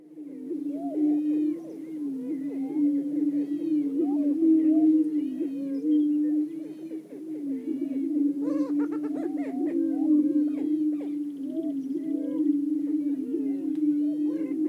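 Greater prairie-chickens booming in chorus, a steady low hooting drone overlaid with many quick rising whoops and cackles from several birds throughout.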